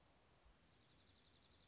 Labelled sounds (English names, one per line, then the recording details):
Dark-eyed Junco
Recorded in Sonoma County, California